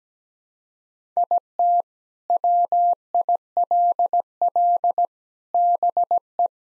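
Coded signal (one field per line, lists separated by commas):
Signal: Morse code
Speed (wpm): 17 wpm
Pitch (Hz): 700 Hz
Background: none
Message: IT WILL BE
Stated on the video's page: Morse head-copy practice at 17 wpm: common seven-word groups, each sent in Morse, then spoken, then sent again.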